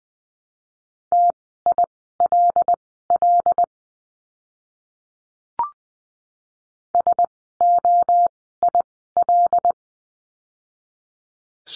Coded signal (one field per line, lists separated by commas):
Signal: Morse code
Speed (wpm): 20 wpm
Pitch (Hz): 700 Hz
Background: none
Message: TILL SOIL